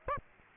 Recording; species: mosquito wingbeat signal from an infrared sensor; Aedes aegypti